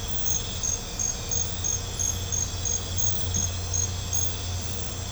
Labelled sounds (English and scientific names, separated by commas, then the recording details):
none
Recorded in pastures near Puerto Asís, Putumayo, Colombia, on 20 December 2024 at 03:30
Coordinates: 0.502, -76.324
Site G077